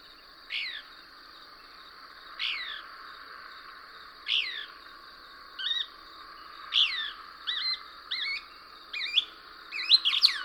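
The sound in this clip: Couch's Kingbird song: crisp, downslurred chips spaced about two seconds apart, quickening into doubled wavering notes and a sharp closing burst, with a thin steady whine throughout.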